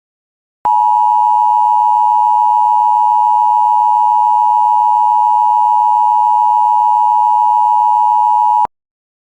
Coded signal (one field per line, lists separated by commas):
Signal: Emergency Alert System (SAME) tones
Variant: 853 and 960 Hz attention tone